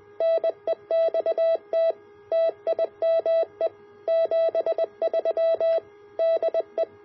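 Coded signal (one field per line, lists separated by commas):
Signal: Morse code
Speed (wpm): 20 wpm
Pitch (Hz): 660 Hz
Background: none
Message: NEXT TIME 73 DE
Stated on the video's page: Sent from a 20m QCX mini QRP transceiver driving a QRP Labs 50W amplifier, keyed by an RF-activated relay, running about 20W at 13.8V.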